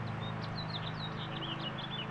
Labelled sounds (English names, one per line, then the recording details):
House Finch song
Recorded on Long Island, New York, on 21 April 2011
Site PW
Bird A